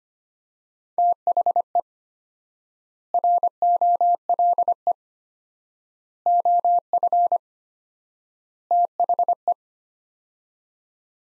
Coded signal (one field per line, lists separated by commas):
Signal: Morse code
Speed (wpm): 25 wpm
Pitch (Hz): 700 Hz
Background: none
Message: THE ROLE OF THE